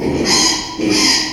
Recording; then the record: squeal of a Yucatan mini pig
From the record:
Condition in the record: after surgery on the right vocal fold (resection and tissue-engineered implant); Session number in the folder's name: 2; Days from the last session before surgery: 13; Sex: male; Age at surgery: 12 weeks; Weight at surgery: 13 kg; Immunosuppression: cyclosporine, prednisolone